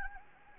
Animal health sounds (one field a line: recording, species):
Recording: mosquito wingbeat signal from an infrared sensor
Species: Anopheles gambiae